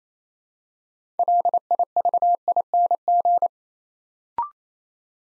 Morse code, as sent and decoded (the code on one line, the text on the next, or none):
.-.. .. ...- .. -. --.
LIVING